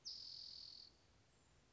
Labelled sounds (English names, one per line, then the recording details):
Spotted Towhee
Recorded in Sonoma County, California